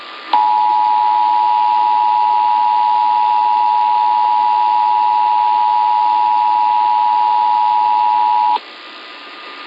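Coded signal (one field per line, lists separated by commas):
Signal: Emergency Alert System (SAME) tones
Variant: 853 and 960 Hz attention tone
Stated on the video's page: National EAS test as aired by Minneapolis/St. Paul radio and TV stations.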